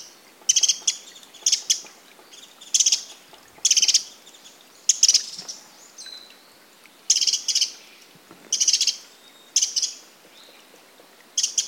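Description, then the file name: Eurasian wren repeating sharp, high ticking rattles roughly every second, each a brief burst of rapid dry clicks, steady and persistent throughout. "Troglodytes troglodytes"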